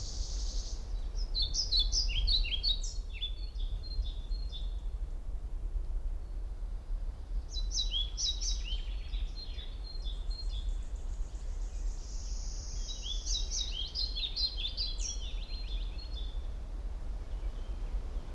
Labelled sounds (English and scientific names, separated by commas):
European Pied Flycatcher (Ficedula hypoleuca)